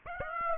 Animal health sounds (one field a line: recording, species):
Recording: mosquito wingbeat signal from an infrared sensor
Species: Aedes aegypti